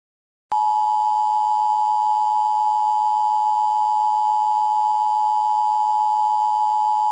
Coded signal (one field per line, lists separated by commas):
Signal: Emergency Alert System (SAME) tones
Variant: 853 and 960 Hz attention tone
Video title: Eas mock #2:London nuclear attack